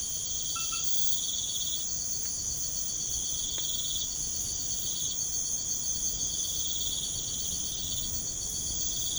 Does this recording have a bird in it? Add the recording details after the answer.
no. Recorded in pastures near Puerto Asís, Putumayo, Colombia, on 13 March 2025 at 01:30. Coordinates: 0.505, -76.324. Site GP08